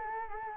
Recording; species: mosquito wingbeat signal from an infrared sensor; Culex quinquefasciatus